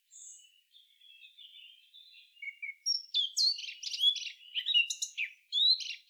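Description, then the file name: Eurasian blackcap song beginning with soft, quiet warbling and thin notes, then bursting into a loud, varied series of fluty whistles and chattering notes. "Sylvia atricapilla"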